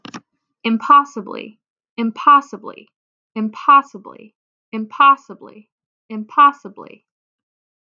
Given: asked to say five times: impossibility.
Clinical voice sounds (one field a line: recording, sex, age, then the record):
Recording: repeated word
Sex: female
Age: 20 to 29 years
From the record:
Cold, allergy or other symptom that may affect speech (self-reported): no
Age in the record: 24 years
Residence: Florida, United States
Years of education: 17